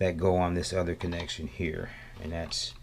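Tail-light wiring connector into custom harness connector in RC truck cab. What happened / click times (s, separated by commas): The connector is being handled and has not clicked home yet / none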